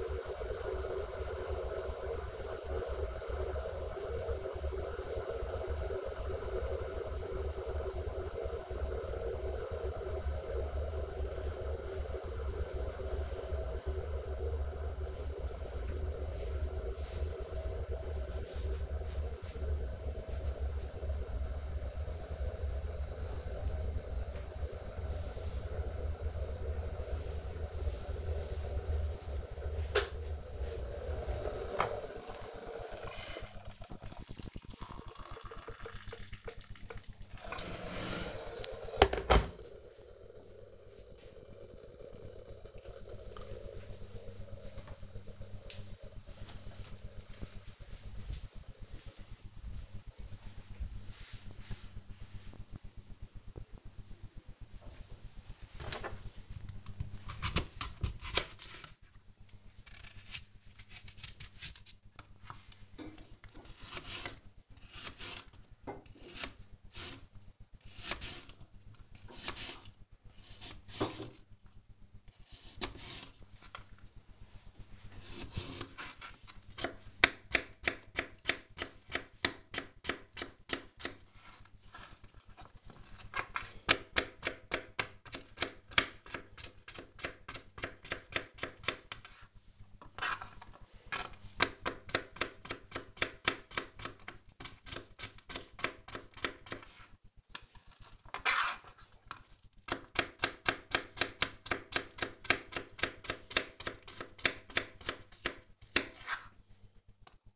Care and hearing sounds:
household activities, microphone on the right wrist
0.00-44.54 s: making tea
54.61-107.56 s: cutting vegetables

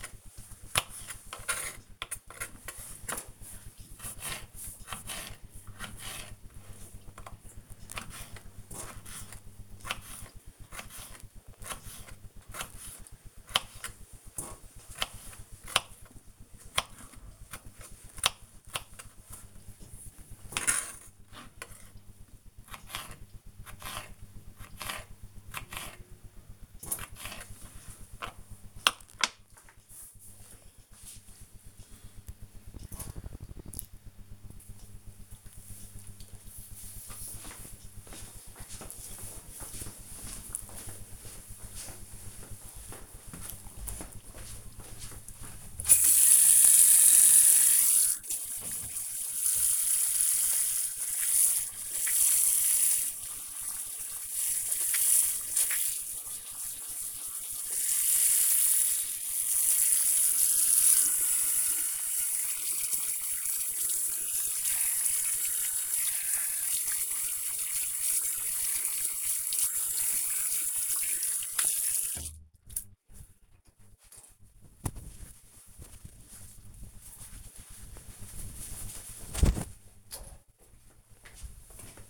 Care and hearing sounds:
household activities, microphone on the right wrist
0.00-29.12 s: cutting vegetables
46.25-73.40 s: washing hands

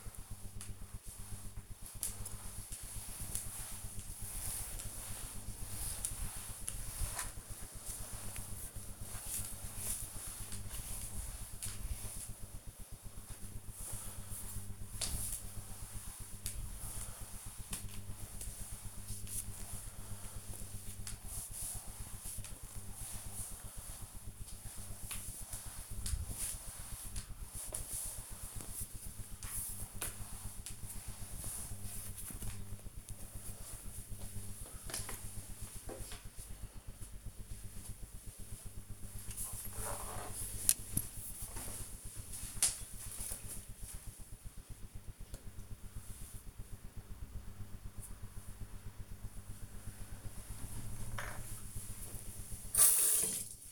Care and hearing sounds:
household activities, microphone on the right wrist
0.00-32.55 s: floor cleaning
49.69-53.72 s: brushing teeth

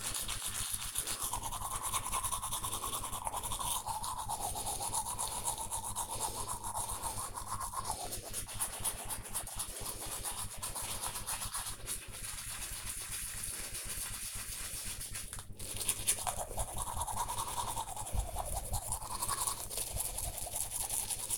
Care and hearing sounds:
household activities, microphone on the right wrist
0.00-21.38 s: brushing teeth

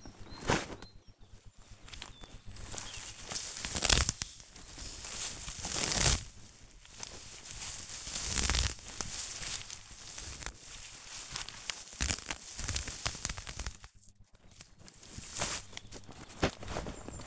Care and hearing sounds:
household activities, microphone on the right wrist
0.00-17.27 s: cutting plants (near water)

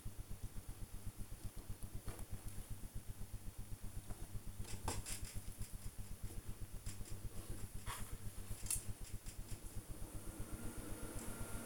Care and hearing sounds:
household activities, microphone on the right wrist
0.00-11.66 s: build with lego

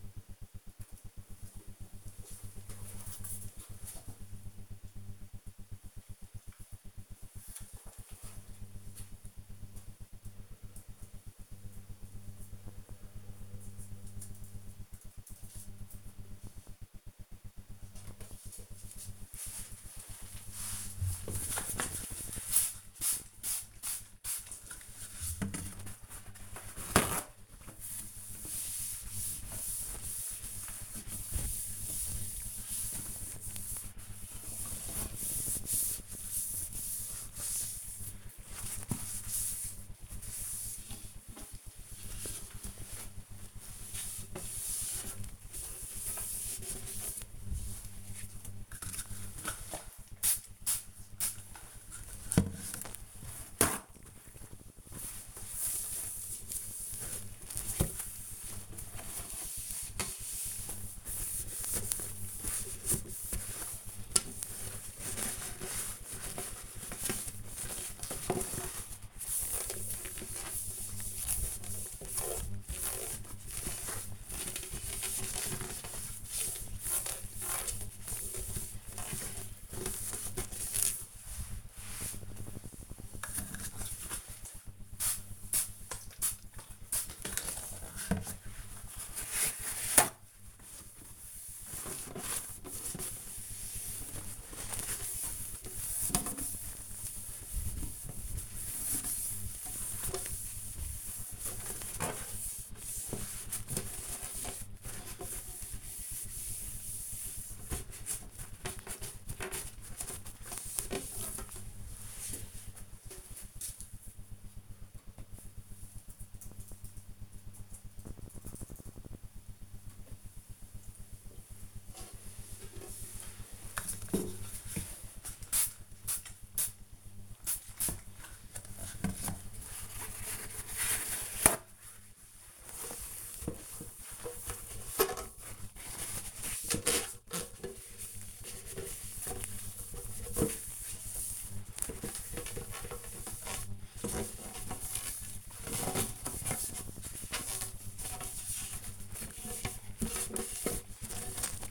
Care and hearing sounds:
household activities, microphone on the right wrist
18.27-114.81 s: bathroom cleaning (toilet)
119.84-151.71 s: bathroom cleaning (toilet)

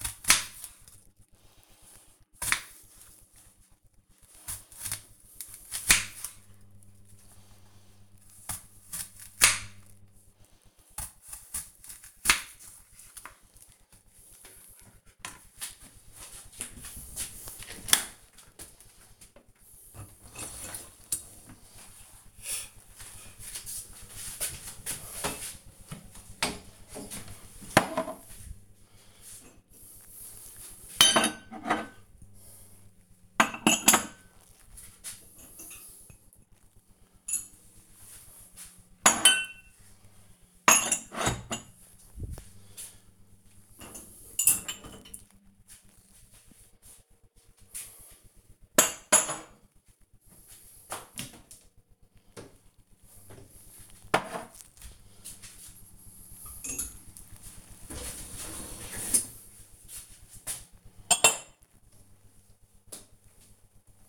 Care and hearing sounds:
household activities, microphone on the right wrist
0.00-14.59 s: cutting vegetables
19.63-64.09 s: cleaning out the dishwasher

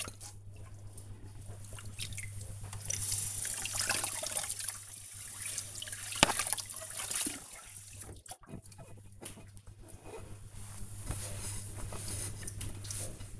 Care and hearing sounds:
household activities, microphone on the right wrist
0.00-13.40 s: washing dishes

